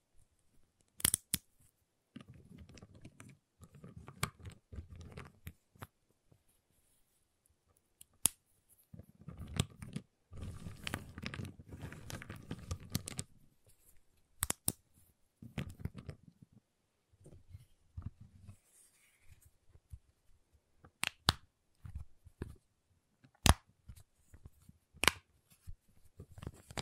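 Tapping, cutting and snapping on a giant chocolate bar, with sharp cracks scattered throughout, loudest near 1, 8, 15, 23 and 25 seconds. Between them come bursts of low scraping and crunching, densest from about 10 to 13 seconds, with quiet gaps in between.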